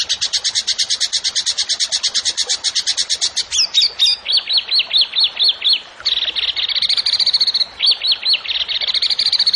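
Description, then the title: Bird song: a fast, even series of high sharp notes, then a burst of mixed chirps and a string of downward-slurred whistles ending in rapid trilled notes. Songbird singing actively (gacor) in 'tembakan' style, for training songbirds (masteran). "Masteran Burung Tembakan Gacor"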